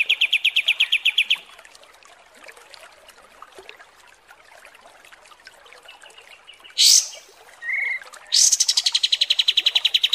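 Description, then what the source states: Kapas tembak song: a fast trill, a long quiet gap, a short high burst, a brief lower note and another high burst, then another rapid buzzy trill. Masteran training recording of kapas tembak song.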